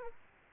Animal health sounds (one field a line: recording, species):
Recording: mosquito wingbeat signal from an infrared sensor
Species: Aedes aegypti